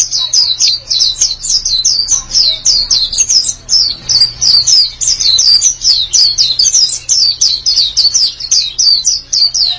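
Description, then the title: White-eye song, a long unbroken cascade of thin, high, falling whistled notes delivered briskly, with a soft constant hum below. "Kicauan Burung Pleci Durasi Panjang"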